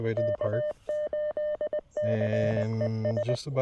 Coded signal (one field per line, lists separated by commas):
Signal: Morse code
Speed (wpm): 21 wpm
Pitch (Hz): 600 Hz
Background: speech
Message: K8CES